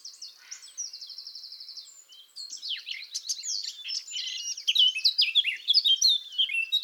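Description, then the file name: Eurasian blackcap song: a buzzy trill opens, then a lively stream of varied whistles and chattering notes grows louder toward the end. "Sylvia atricapilla"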